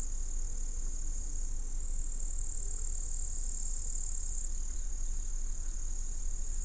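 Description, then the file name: Grasshopper buzzing, steady and high-pitched, that changes in texture partway through, set against a continuous low rumble. Several grasshoppers recorded at Sergiyev Posad, Russia, in 2007. "grasshoppers-sergiyevposad-200709"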